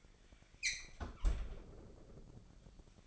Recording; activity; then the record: daily activity, microphone in the room; close fridge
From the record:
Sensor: 5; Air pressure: 1002.0 hPa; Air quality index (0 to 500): 210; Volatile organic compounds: 21 ppm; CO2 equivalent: 2729 ppm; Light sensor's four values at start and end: 11/25/10/12 and 10/23/9/11